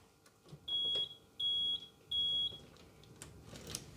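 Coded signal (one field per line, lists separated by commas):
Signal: beep code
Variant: Rolls-Royce Silver Spirit alarm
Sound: three identical high-pitched beeps, about 0.4 seconds each, evenly spaced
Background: faint car interior noise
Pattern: 3 short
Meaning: Alarm armed after locking with the key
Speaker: There we go. Three beeps.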